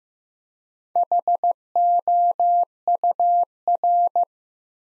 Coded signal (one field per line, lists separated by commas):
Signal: Morse code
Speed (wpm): 15 wpm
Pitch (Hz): 700 Hz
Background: none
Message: HOUR